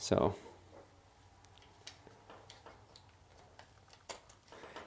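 A plastic GoPro Hero 8 mounting buckle has its prongs squeezed together and is lined up with the camera grip mount before being slid on. Someone talks briefly at the start, followed by light handling ticks around 1.5 to 3.6 seconds. Nothing has clicked or seated yet.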